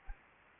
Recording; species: mosquito wingbeat signal from an infrared sensor; Anopheles gambiae